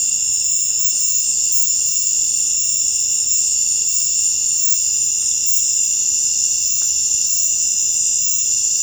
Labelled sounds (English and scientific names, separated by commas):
none